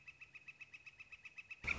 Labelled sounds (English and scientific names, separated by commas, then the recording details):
Northern Flicker (Colaptes auratus)
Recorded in Sonoma County, California